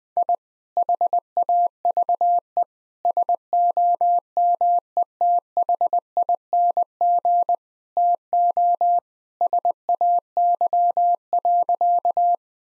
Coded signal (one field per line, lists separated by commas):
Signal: Morse code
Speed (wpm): 20 wpm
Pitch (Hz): 700 Hz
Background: none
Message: I HAVE SOMETHING TO SAY.